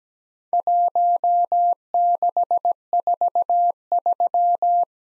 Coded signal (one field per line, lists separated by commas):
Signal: Morse code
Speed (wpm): 17 wpm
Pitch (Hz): 700 Hz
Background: none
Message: 1643